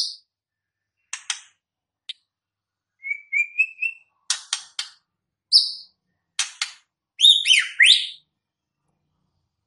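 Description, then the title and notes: White-rumped shama song: sharp clicks, a run of rising whistled notes, then loud sweeping whistles, varied and jerky phrasing. Song used as a lure for trapping birds (pikat); voice described as strong (mantap). "MB Pikat Jitu.. Suara Mantap. murai batu"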